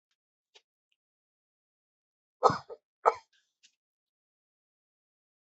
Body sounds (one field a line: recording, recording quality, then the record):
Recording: shallow breathing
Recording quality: excellent, no background noise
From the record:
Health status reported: COVID-19 positive, moderate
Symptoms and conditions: cough, cold, breathing difficulty, sore throat, fever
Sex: male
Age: 51 years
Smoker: not ticked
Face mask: worn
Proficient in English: yes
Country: India